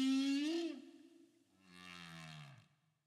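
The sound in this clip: Whale giving a rising tonal moan that ends abruptly, followed by a softer, descending groan that fades away.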